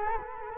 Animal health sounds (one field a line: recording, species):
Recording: mosquito wingbeat signal from an infrared sensor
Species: Culex quinquefasciatus